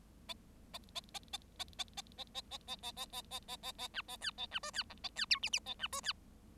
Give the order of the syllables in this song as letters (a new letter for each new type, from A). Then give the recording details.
A A A A A A A A A A A A A A A A A A B A C A B D C E A C F G G A B D C. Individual Bird7